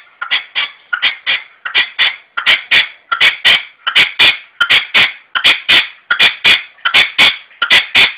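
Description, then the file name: Red-legged partridge giving a rhythmic series of harsh, chuffing notes in short groups, repeated steadily about every 0.7 seconds without pause. "perdiz roja-sonido"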